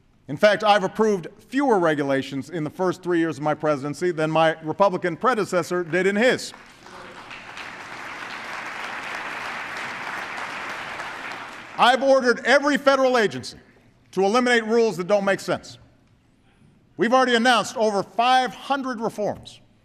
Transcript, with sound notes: In fact, I’ve approved fewer regulations in the first three years of my presidency than my Republican predecessor did in his. (Applause.) I’ve ordered every federal agency to eliminate rules that don’t make sense. We’ve already announced over 500 reforms,